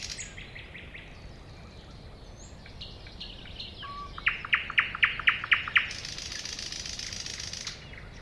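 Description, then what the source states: Thrush nightingale song: a series of loud, evenly spaced clicking notes about four per second, then a long dry rattling buzz, with fainter whistles before. Recorded at a woodland edge next to a lake in 2001.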